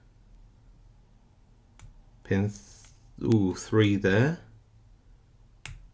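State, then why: Seated. A pick lifts pin 1 under tension in the cylinder of a Stanley 70mm 'Handbag' padlock while someone talks. The pin sets with a small, sharp click at 5.7 s.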